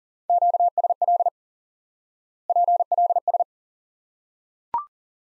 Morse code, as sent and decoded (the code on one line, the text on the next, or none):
--.- ... .-.. / .--. .-.. ...
QSL PLS